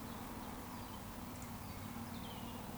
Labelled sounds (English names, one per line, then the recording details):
Eurasian Woodcock whistle
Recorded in Baden-Württemberg, Germany, on 13 June 2020 at 19:33 UTC
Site 14569, 102 m above sea level